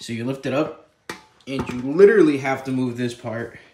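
The adjustable section of an ALDI bench, bought for $42, is lifted so its ratchet support can be moved toward its notch while someone talks throughout. The ratchet is being handled but has not yet clicked into place, so nothing has seated or clicked yet.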